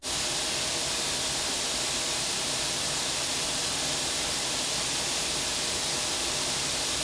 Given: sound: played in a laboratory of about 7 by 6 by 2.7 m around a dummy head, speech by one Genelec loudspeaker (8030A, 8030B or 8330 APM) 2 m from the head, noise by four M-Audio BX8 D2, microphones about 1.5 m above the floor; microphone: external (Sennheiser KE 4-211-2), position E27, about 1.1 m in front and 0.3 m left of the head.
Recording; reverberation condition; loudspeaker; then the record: white noise; medium; four, about 170 cm from the corners of the room and facing them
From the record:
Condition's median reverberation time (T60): about 510 ms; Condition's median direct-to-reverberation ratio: about -0.5 dB